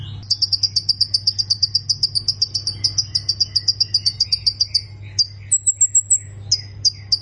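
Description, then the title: Plain prinia giving a long, steady series of rapid, high, buzzy notes, interrupted near the end by a short string of thinner, even higher notes; low hum underneath. "Ciblek Sawah"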